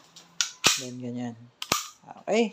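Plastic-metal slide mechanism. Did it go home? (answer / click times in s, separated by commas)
released / 0.4 s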